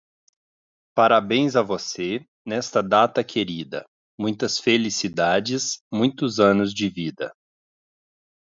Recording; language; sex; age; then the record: short text; Brazilian Portuguese; male; 30 to 39 years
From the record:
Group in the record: control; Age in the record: 34 years